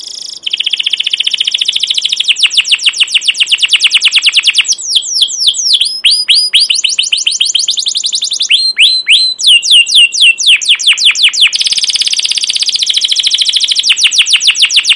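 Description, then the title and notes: Canary song: long, varied sequence of rapid trills, rattles and down-slurred chirps, changing phrase every few seconds with no pause. Captive canary giving long, continuous chirping song, used as a training lure for young canaries learning to sing. "CUIT CUIT NGEROL LANGSUNG GACOR PANJANG Kenari Ini AMPUH Utk Pancingan KENAR. PANCINGAN Kenari GACOR PANJANG Cuit CUIT EMOSI ini AMPUH utk MASTERAN Kenari PAUD belajar BUNYI. burung kenari"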